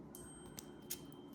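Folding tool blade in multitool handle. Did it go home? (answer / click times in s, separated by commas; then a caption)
yes / 0.6 s, 0.9 s. A folding tool blade in the handle of a metal multitool is opened until it locks into place. Two sharp metallic clicks are heard at 0.6 and 0.9 seconds over a faint steady hum, and the blade is seated locked open.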